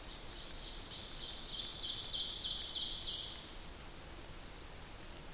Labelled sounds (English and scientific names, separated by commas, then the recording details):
Ovenbird (Seiurus aurocapilla) song
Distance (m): 50 m
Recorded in boreal forest in Alberta, Canada, on 8 June 2016 at 08:42
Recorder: SongMeter 3, array SBT-3-9
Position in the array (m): 165 m, 151 m
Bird 35